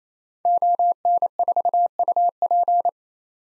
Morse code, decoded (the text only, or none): ON4UP